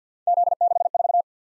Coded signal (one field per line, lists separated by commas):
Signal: Morse code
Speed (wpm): 47 wpm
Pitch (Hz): 700 Hz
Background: none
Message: Z64